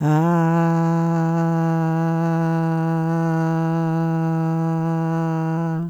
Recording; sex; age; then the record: sustained vowel /a/; female; 60 to 69 years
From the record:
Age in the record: 67 years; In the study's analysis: included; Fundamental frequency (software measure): 164 Hz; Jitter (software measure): 0.30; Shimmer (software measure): 0.49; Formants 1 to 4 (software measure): 833 Hz, 1492 Hz, 2734 Hz, 4576 Hz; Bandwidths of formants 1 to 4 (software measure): 179 Hz, 221 Hz, 263 Hz, 433 Hz